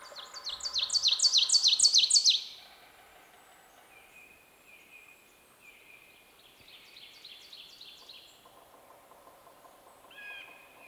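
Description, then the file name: Ovenbird song: a loud burst of rapid, repeated two-note phrases lasting about two seconds, followed by softer, fainter bird sounds. "Seiurus aurocapilla - Ovenbird"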